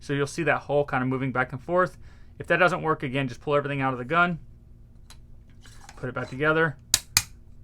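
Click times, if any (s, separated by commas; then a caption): 6.9 s, 7.2 s. Someone talks while the reassembled bolt and hammer are worked back into the body of a Spyder Victor paintball marker, with a few faint handling taps. The internals then engage with two sharp clicks at 6.9 and 7.2 seconds, showing the bolt and hammer are seated and the marker is ready.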